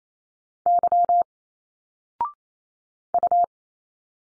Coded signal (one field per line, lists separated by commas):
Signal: Morse code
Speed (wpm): 28 wpm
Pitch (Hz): 700 Hz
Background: none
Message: Y U